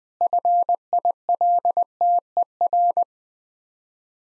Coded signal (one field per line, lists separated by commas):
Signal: Morse code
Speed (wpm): 20 wpm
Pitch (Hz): 700 Hz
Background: none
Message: FILTER